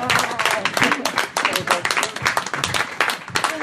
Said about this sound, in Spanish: ¡Fuerte aplauso!